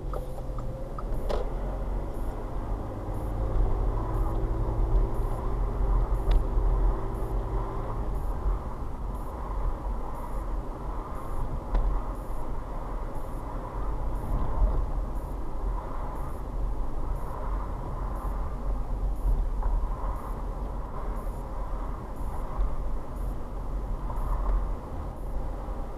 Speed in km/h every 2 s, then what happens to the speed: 19, 24, 26, 26, 26, 26, 26, 26, 26, 24, 24, 24, 24.
0-3 speeds up to 26. 3-26 steady at about 26.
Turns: none.